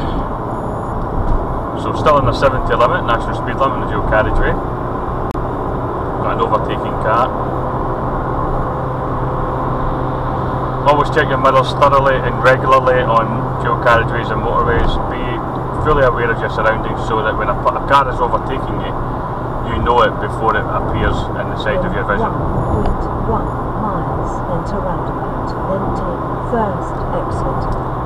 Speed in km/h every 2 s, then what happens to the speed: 82, 89, 92, 95, 97, 97, 97, 95, 93, 92, 90, 90, 93, 95.
0-7 speeds up to 97. 7-28 steady at about 93.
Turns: none.